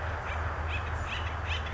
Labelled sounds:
Acorn Woodpecker (Melanerpes formicivorus)
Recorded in Sonoma County, California

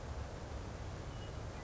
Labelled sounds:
Western Meadowlark (Sturnella neglecta)
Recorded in Sonoma County, California

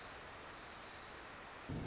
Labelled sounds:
Pacific Wren (Troglodytes pacificus)
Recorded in Sonoma County, California

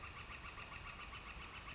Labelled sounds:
Northern Flicker (Colaptes auratus)
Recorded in Sonoma County, California

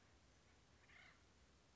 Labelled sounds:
Acorn Woodpecker (Melanerpes formicivorus)
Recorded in Sonoma County, California

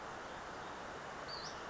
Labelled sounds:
Western Flycatcher (Empidonax difficilis)
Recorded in Sonoma County, California

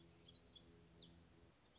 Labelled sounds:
Black-throated Gray Warbler (Setophaga nigrescens)
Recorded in Sonoma County, California

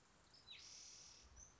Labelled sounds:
Spotted Towhee (Pipilo maculatus)
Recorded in Sonoma County, California

